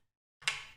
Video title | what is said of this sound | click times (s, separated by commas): pamu slide earbuds - 1 year of use Review. How do they hold up ? | they snap right inside that's because they have a magnetic sort of lock | 0.5 s